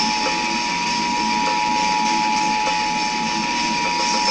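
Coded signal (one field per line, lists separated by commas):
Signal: Emergency Alert System (SAME) tones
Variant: 853 and 960 Hz attention tone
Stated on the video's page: EAS alert tone that chokes.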